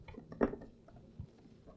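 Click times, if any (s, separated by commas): none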